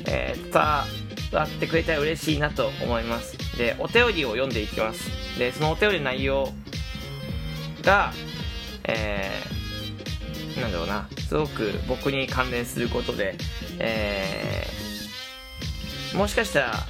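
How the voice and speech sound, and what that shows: Adult male talks in Japanese over faint background music, with drawn-out filler sounds ('eeh') and long silent gaps mid-phrase, one just before a single syllable. These are stuttering blocks and prolongations, with fillers used to get speech moving. He has stuttered since about elementary school age, without a formal diagnosis; he repeats words and gets stuck. His voice is hoarse that day.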